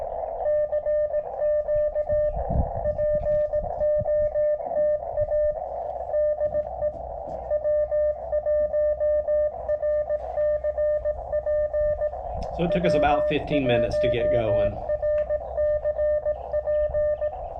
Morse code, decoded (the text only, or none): CQ POTA DE W1RCP W1RCP